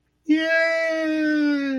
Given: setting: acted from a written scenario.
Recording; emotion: vocal sound without words; triumph